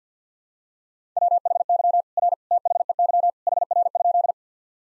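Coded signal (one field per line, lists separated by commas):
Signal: Morse code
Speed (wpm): 50 wpm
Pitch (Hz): 700 Hz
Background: none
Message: WHY R THEY HR?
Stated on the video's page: Head-copy practice drill of sentences from the top 200 words and abbreviations in Morse code at 50 wpm, each sent twice.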